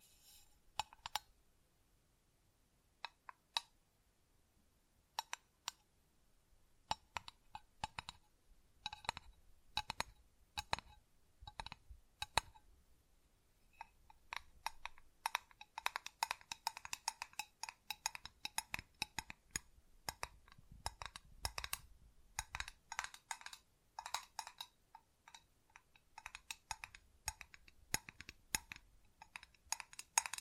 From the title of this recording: Tingly Textures Tapping and Scratching